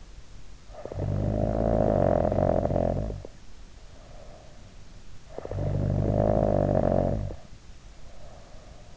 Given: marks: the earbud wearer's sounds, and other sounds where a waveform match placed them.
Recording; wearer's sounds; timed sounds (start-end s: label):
sounds in sleep by an in-ear microphone; snoring breath
0.45-4.82 s: snoring breath
5.35-8.97 s: snoring breath